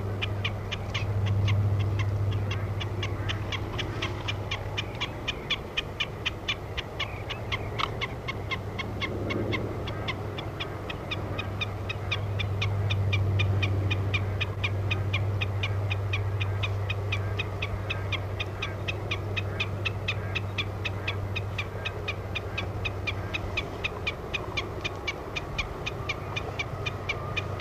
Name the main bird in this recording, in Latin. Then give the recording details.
Gallinago gallinago. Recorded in the wild. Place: Schweinsberg, DE. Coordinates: 50.765, 8.9675. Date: 1964-04-22. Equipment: Uher Report 4000, AKG D190. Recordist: Krey, Winfried